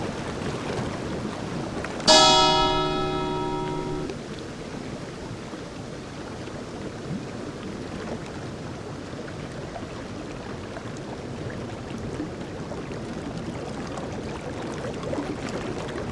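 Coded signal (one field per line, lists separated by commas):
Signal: bell signal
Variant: lighthouse fog bell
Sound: one ringing bell stroke fading over two seconds, then about twelve seconds of silence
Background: steady background hiss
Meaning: Fog signal identifying Newport Harbor Lighthouse: one bell stroke every 15 seconds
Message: 1 stroke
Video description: A bell was used as the fog signal. The bell rang once followed by 15 seconds of silence.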